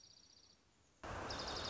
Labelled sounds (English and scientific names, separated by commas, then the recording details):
Dark-eyed Junco (Junco hyemalis)
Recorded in Sonoma County, California